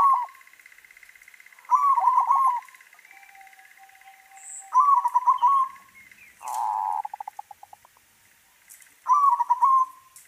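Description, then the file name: Zebra dove song: stuttering trilled coo phrases spaced a few seconds apart, with a brief harsher burst of notes midway and an intermittent background buzz. White variety. "suara perkutut putih"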